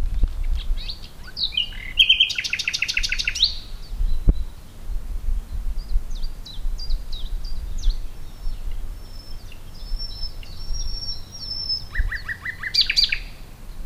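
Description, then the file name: Common nightingale sings two bursts of fast, stacked trilled notes, one early and one near the close, with scattered high chirps and faint low rumble between. "Luscinia megarhynchos"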